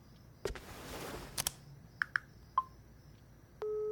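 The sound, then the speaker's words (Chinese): A few soft taps and short electronic beeps from a mobile phone, followed by a steady, mid-pitched ringback tone that starts and holds at the end as an outgoing call rings with no answer. “一秒，十秒，二十秒，没人接。”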